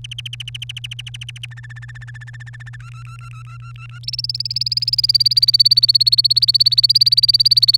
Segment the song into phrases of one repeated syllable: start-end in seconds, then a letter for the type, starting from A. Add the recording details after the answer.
0.04-1.46 A, 1.51-2.76 B, 2.80-3.99 C, 4.03-7.77 D. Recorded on 1 May 2018 at 13:41. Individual llb3